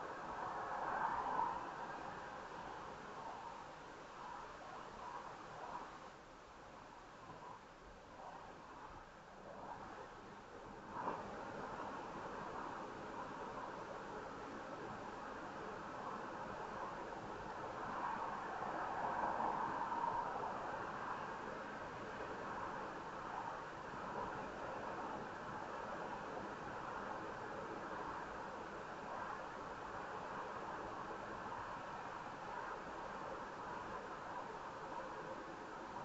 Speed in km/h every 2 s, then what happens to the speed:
61, 61, 64, 64, 68, 72, 76, 77, 81, 82, 84, 85, 85, 87, 82, 82, 81, 72.
0-25 speeds up to 87. 25-36 slows to 72.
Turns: none.